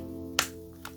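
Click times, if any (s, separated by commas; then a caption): 0.4 s. The other side of a plastic external hard drive enclosure shell is pressed shut over a 2.5-inch drive, giving a sharp snap at 0.4 s and a fainter click at 0.9 s over steady background music. The shell snaps shut again and is seated.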